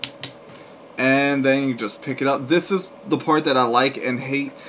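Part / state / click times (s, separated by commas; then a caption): detachable controllers sliding onto the rails of a handheld game console / seated / 0.0 s, 0.2 s. Two detachable plastic controllers are slid down the side rails of a handheld game console until they lock. Two sharp clicks sound at 0.0 s and 0.2 s, one for each side, and the controllers are seated. Then someone talks.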